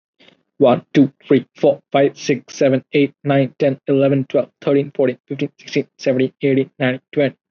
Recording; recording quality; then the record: counting at a normal pace; excellent, no background noise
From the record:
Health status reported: COVID-19 positive, mild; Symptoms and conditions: none ticked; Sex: male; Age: 24 years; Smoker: not ticked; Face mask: not worn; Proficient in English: yes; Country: India